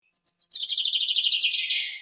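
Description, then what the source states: Bird singing: a short high note, then a rapid, slightly buzzy trill that slowly drifts lower over about one and a half seconds, ending abruptly. Recorded in a forest.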